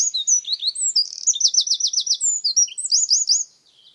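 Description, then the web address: Bird song, a high varied phrase of sharp whistled notes and fast upslurred trills repeated in quick series. "Bird Only"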